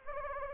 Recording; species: mosquito wingbeat signal from an infrared sensor; Anopheles gambiae